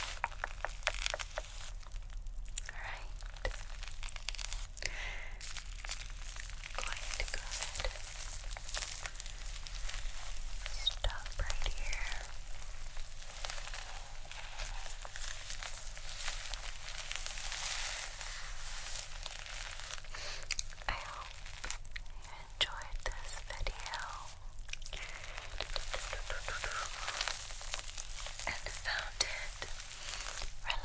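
Scalp massage with head scratching and hair brushing: dense, continuous crackling and rustling, bright and scratchy, with a steady low hum underneath.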